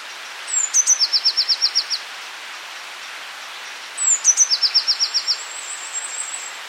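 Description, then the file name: Eurasian blue tit song given twice: each phrase opens with high thin introductory notes and drops into a rapid, even trill, with a faint high tail after the second. "Cyanistes caeruleus"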